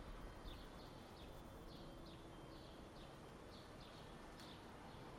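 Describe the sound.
Birds chirping in brief high notes, spaced irregularly, against a constant low background rumble.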